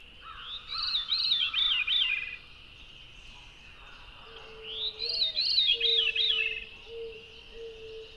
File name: very veery